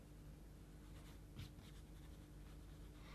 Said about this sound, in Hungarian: Általában úgy néz ki, hogy itt van egy rajztábla így, és mondjuk van egy toll, amit itt fogok a kezembe, és ennyit látna egy kamera a munkámból.